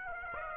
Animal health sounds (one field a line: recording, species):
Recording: mosquito wingbeat signal from an infrared sensor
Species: Aedes aegypti